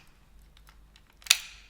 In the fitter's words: there it goes snapped into place there